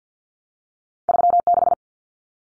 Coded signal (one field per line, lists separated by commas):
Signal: Morse code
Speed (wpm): 50 wpm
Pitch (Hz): 700 Hz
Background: none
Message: 36